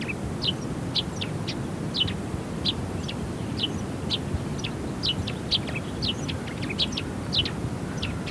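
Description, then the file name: Eurasian tree sparrow giving bright, clipped chirps, repeated many times throughout, over steady low background noise. "Passera Mattugia"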